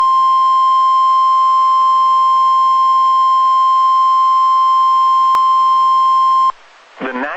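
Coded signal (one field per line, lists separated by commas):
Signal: Emergency Alert System (SAME) tones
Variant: 1050 Hz attention tone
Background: speech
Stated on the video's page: Severe thunderstorm warning on a NOAA Weather Radio station.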